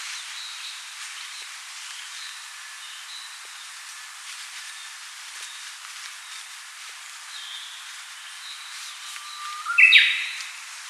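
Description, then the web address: Japanese bush warbler song near the end: a low held whistle leading into a quick loud flourish, after quiet hiss with faint high bird notes. "sound Archives -Cettia diphone"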